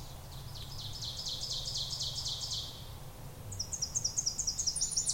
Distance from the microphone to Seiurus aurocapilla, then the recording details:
about 35 m. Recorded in boreal forest in Alberta, Canada, on 26 May 2016 at 08:26. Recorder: SongMeter 3, array SBT-3-15. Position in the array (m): 36 m, 246 m. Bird 20